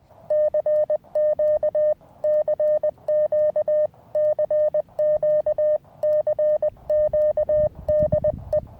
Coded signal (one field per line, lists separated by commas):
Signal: Morse code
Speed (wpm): 20 wpm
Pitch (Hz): 610 Hz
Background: none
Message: CQ CQ CQ CQ DE